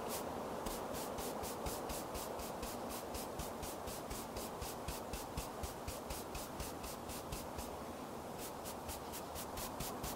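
Outdoor ambience on a sunny day: a steady, dense low rushing sound fills the whole clip. Over it runs a bright, rapid ticking pulse, very regular at about three beats a second, briefly thinning near the eight-second mark before resuming.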